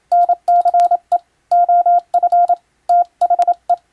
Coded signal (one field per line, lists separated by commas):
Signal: Morse code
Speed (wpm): 27 wpm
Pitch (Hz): 700 Hz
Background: none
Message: NCE OF THE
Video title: 【モールス無線電報】珍！今ではもう聞こえない船と陸を結ぶ貴重な通信方法！船舶にはモールスを打つ無線通信士が乗船していました。当時を思い出して聴いてみませんか？ morse code practice